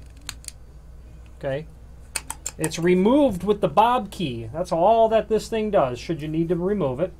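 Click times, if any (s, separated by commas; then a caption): 0.3 s, 0.5 s. A metal rosette (escutcheon) is pressed onto the top of the threaded spout stem of a counter-mounted Bobrick B-822 34 oz lavatory soap dispenser. Sharp, short clicks at 0.3 s and 0.5 s show it snapping into place and seating, followed by more brief sharp taps around 2.2–2.5 s. Someone then talks.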